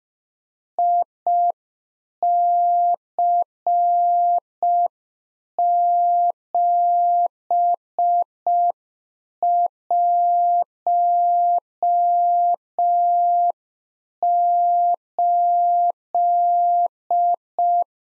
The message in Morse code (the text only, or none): IC718